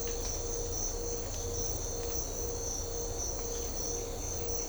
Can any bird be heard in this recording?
no